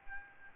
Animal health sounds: mosquito wingbeat signal from an infrared sensor; Aedes albopictus

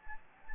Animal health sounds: mosquito wingbeat signal from an infrared sensor; Anopheles gambiae

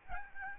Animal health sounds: mosquito wingbeat signal from an infrared sensor; Aedes albopictus

